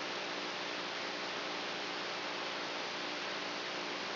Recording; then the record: brain microelectrode recording played as sound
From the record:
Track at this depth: inside the subthalamic nucleus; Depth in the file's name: 2.604 mm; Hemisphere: right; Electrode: 3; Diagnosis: Parkinson's disease